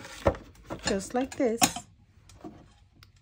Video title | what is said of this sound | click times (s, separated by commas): Centerpiece Base to cover paper towel holder | that I snap right into the base | 0.3 s